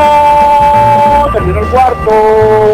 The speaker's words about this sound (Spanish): Terminó el cuarto. Suena la chicharra, tercer cuarto terminado. 56 para Ancud, 44 para el conjunto de Valdivia.